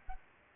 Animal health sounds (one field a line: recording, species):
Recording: mosquito wingbeat signal from an infrared sensor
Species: Culex pipiens